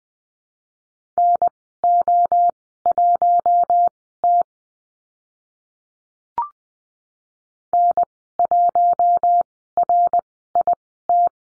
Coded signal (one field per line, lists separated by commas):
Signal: Morse code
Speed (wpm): 20 wpm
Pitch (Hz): 700 Hz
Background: none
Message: NO1T N1RIT